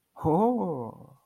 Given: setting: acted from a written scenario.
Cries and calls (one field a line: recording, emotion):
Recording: vocal sound without words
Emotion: realization